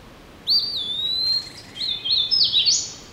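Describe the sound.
Hooded warbler song: a long clear whistled note followed by a rising series of slurred, bright phrases ending on an emphatic upslurred flourish.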